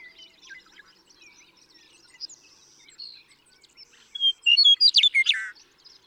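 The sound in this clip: Western meadowlark song: a few clear whistles building into a loud, bubbling warble late, over a background of small birds chirping.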